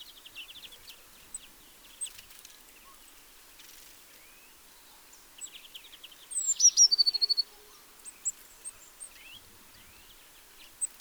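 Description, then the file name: Eurasian blue tit gives one phrase of high notes and a short trill, amid scattered chips and twitters from other birds. "Cyanistes caeruleus"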